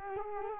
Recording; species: mosquito wingbeat signal from an infrared sensor; Culex quinquefasciatus